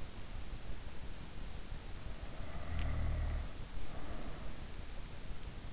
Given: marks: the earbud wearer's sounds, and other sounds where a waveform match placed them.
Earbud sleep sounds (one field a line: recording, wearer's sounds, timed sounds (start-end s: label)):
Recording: sounds in sleep by an in-ear microphone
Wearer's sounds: snoring breath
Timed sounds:
2.10-4.62 s: snoring breath